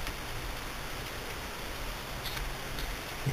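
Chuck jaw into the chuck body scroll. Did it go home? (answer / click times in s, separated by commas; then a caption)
no / none. Jaw number one of a steel 3-jaw lathe chuck is pushed into its slot in the chuck body while the scroll is turned, trying to engage the scroll thread. There is a steady low hiss with a brief tick near 0.1 s, faint scraping and rustling throughout, and a slightly louder knock at the very end. The jaw fails to catch the scroll, and nothing has seated or clicked yet.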